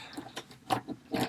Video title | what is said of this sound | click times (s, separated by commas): TREASURE X Monster Gold Mega Monster Lab Halloween Moose Toy Unboxing Review Comparison | Like, it should click into place for some reason. It doesn't. | none